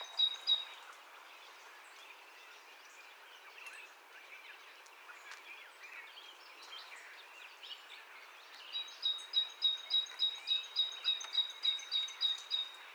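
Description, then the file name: Great tit song: a few high, thin notes at the start, then after a gap a fast, even run of about fifteen sharp high notes over steady background hiss. "Parus major"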